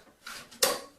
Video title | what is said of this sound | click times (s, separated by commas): Powerblock Elite Dumbbells Video Powerblock Dumbbells Review | actually hear a little click right there that's the magnet engaging the metal bar | 0.6 s